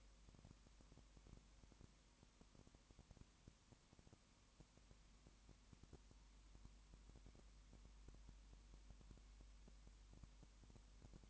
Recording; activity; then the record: daily activity, microphone in the room; no activity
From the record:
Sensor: 1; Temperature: 19.7 degrees Celsius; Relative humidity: 40.5%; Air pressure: 1010.6 hPa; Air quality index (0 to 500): 208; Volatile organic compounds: 55 ppm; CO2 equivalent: 3361 ppm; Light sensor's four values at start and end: 1/2/1/1 and 1/2/1/1